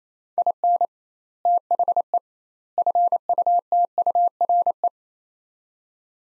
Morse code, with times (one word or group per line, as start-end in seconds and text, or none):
0.4-0.9 IN
1.5-2.2 THE
2.8-4.9 FUTURE